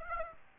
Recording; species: mosquito wingbeat signal from an infrared sensor; Aedes aegypti